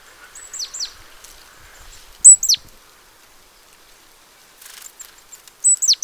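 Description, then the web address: Great tit calls, loud high notes plunging downward in pairs and small clusters, with a brief burst of faint hiss in between. "pub SETE data Parus major"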